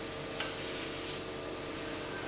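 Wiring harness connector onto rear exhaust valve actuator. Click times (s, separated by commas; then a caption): 0.4 s. A plastic electrical wiring harness connector is pushed onto the rear exhaust valve actuator of a 2014-2020 C7 Chevy Corvette during a Thermal R&D cat-back exhaust install. A single sharp click is heard at 0.4 s over a steady background hiss. The connector is seated on the actuator.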